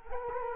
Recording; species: mosquito wingbeat signal from an infrared sensor; Culex quinquefasciatus